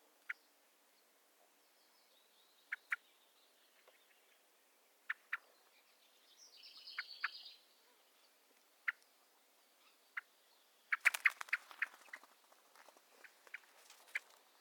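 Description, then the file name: Common blackbird calls: sharp, clipped notes given singly and in pairs, with a brief buzzy phrase midway and a rapid cluster of chattering notes near the end. "Turdus merula"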